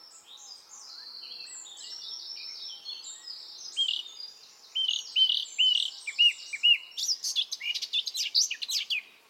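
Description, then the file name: Eurasian blackcap song begins as a soft, thin warble and builds into louder upswept whistles and rapid chattering notes toward the end. "Sylvia atricapilla"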